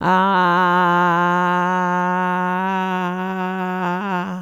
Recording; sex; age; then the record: sustained vowel /a/; female; 60 to 69 years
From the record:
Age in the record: 63 years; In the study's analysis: included